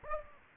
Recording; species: mosquito wingbeat signal from an infrared sensor; Aedes aegypti